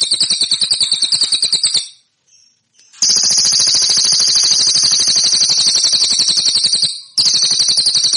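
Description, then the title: Cililin song: bursts of high, fast, buzzy rattling, separated by a pause of about a second and a brief break, otherwise continuous. "SUARA BURUNG CILILIN"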